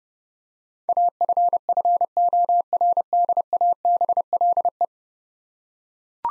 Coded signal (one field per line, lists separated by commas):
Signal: Morse code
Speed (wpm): 30 wpm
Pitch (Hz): 700 Hz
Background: none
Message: AFFORDABLE